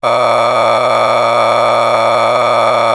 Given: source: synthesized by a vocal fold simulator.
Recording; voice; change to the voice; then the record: sustained vowel; male; a random mix of aspiration noise, stiffness perturbation and strain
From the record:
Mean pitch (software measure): 118 Hz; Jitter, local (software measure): 4.10%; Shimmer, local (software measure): 12.4%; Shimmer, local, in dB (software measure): 1.02 dB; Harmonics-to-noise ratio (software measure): 4.9 dB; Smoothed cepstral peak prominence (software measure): 11.6 dB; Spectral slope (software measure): -12.4 dB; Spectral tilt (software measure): -10.1 dB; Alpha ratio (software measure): -2.9 dB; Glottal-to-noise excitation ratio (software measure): 0.909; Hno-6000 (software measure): 1.8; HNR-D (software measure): 18.3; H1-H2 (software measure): 1.3 dB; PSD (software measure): 4.5e-04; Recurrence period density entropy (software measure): 0.134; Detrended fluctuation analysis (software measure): 0.0325